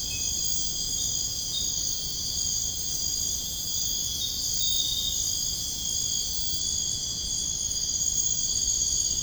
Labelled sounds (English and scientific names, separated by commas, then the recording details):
none
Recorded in dense forest near Puerto Asís, Putumayo, Colombia, on 22 June 2025 at 02:00
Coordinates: 0.481, -76.323
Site G072